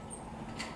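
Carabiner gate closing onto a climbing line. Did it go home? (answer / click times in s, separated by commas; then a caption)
partly / 0.6 s. A metal carabiner is clipped onto a climbing line, and its gate gives a single click at 0.6 s. The gate does not fully close because a screw catches the locking mechanism, leaving it partly open and effectively a hook.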